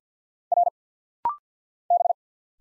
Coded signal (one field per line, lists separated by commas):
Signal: Morse code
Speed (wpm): 51 wpm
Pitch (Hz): 700 Hz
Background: none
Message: R B